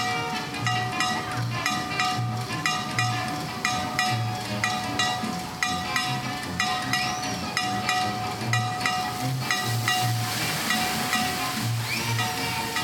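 A walk through the park, filled with a continuous mechanical roar, a steady high whine, and quick regular clacking over low thumping pulses.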